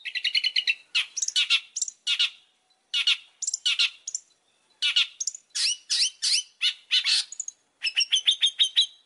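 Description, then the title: Oriental magpie-robin song: loud varied phrases of sharp chirps, harsh squawky notes and brief clear whistles, delivered in quick bursts with short pauses. Song used as a lure to make other magpie-robins answer; the bird is described as gacor, singing vigorously. "Pancingan Suara Siulan Kacer Gacor Mantap Untuk Memancing Kacer Lain Agar Mau Nyaut Bunyi"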